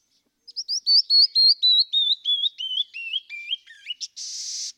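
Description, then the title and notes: Canyon wren song: a cascade of more than a dozen clear whistled notes sliding steadily downward in pitch, ending with a short rough buzzy burst. "Canyon Wren. Macaulay Library at Cornell Lab of Ornithology"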